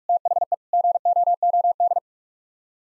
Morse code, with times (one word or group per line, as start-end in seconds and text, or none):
0.1-0.5 THE
0.7-2.0 GOOD